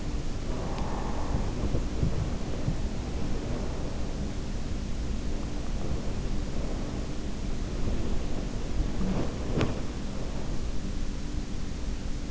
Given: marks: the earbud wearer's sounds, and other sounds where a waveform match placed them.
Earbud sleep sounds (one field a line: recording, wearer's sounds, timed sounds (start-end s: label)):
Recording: sounds in sleep by an in-ear microphone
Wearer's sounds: body movement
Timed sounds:
0.00-12.31 s: body movement
0.36-3.01 s: sound from someone else or the room
7.77-9.72 s: sound from someone else or the room